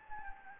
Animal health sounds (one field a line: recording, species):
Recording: mosquito wingbeat signal from an infrared sensor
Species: Anopheles gambiae